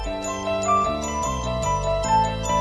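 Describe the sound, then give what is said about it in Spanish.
Instrumental music, the opening theme of a 1973 instrumental album, with a repeating, chiming keyboard figure in a steady, looping rhythm over low sustained bass notes that shift every half second or so. No voices. “1973, se cumplen 40 años. ….”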